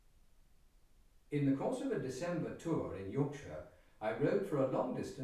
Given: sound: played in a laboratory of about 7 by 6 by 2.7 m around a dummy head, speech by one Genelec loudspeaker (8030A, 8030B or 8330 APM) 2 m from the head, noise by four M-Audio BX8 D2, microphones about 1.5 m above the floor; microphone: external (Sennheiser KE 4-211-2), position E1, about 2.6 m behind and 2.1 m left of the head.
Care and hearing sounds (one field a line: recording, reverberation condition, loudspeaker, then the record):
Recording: male speech in English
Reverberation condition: medium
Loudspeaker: 60 degrees to the right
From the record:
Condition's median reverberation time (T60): about 510 ms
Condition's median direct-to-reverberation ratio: about -0.5 dB